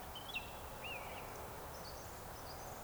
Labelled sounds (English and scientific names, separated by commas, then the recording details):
Eurasian Woodcock (Scolopax rusticola) whistle
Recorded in Baden-Württemberg, Germany, on 3 June 2021 at 19:39 UTC
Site 45499, 200 m above sea level